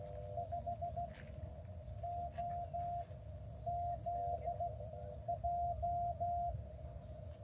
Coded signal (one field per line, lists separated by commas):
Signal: Morse code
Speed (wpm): 15 wpm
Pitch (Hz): 660 Hz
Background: none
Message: 5OZJ